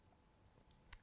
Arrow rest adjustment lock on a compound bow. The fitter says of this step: now that's locked into place